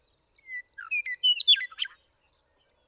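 Western meadowlark song: a few clear whistles leading into a fast, complex gurgling warble.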